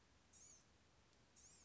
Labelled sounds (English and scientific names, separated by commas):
Blue-gray Gnatcatcher (Polioptila caerulea)